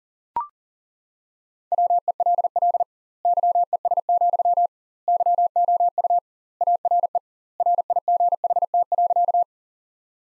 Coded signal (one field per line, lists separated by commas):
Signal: Morse code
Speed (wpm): 37 wpm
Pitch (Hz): 700 Hz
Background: none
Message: WELL YES, YOU ARE RIGHT.